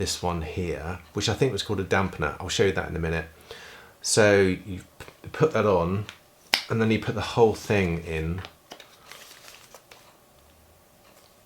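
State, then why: Not seated. Someone talks while a dampener head is fitted onto its holder and the assembly is pushed into an Addsfit percussion muscle massager. A few short handling taps follow at about 8.7, 8.8, 9.1 and 9.9 seconds. The attachment goes in without a click, and nothing has clicked.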